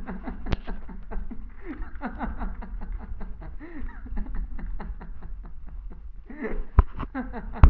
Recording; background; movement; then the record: laughter; quiet; walking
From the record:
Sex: male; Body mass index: 21.0 kg/m2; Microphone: on the chest, facing the body